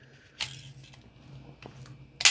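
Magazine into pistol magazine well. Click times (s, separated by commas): 2.2 s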